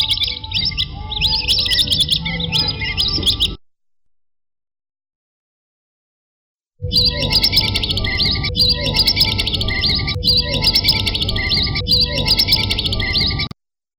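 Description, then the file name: Spotted whistling duck calls in a busy run of squeaky, wavering whistles, broken by a few seconds of silence, then resuming as a dense repeated chatter. "audio burung belibis totol omkicau"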